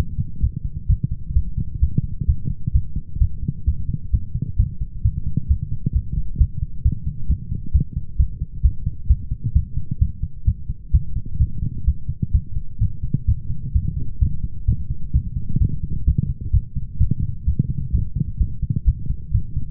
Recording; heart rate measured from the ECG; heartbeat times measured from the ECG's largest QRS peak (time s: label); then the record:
heart sounds by stethoscope; 130 bpm
0.41 s: heartbeat
0.87 s: heartbeat
1.34 s: heartbeat
1.80 s: heartbeat
2.26 s: heartbeat
2.73 s: heartbeat
3.19 s: heartbeat
3.65 s: heartbeat
4.11 s: heartbeat
4.57 s: heartbeat
5.03 s: heartbeat
5.48 s: heartbeat
5.93 s: heartbeat
6.38 s: heartbeat
6.83 s: heartbeat
7.28 s: heartbeat
7.72 s: heartbeat
8.17 s: heartbeat
8.63 s: heartbeat
9.08 s: heartbeat
9.54 s: heartbeat
9.99 s: heartbeat
10.45 s: heartbeat
10.92 s: heartbeat
11.39 s: heartbeat
11.85 s: heartbeat
12.32 s: heartbeat
12.79 s: heartbeat
13.26 s: heartbeat
13.73 s: heartbeat
14.20 s: heartbeat
14.66 s: heartbeat
15.13 s: heartbeat
15.59 s: heartbeat
16.05 s: heartbeat
16.52 s: heartbeat
16.98 s: heartbeat
17.45 s: heartbeat
17.92 s: heartbeat
18.38 s: heartbeat
18.85 s: heartbeat
19.32 s: heartbeat
From the record:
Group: healthy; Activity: light exercise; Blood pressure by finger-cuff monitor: 166/93 mmHg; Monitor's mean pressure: 113 mmHg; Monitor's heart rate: 131 bpm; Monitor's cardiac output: 12.1 L/min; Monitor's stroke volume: 93 mL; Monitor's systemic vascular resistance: 680 dyn s/cm5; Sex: male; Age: 24 years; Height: 184 cm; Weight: 89 kg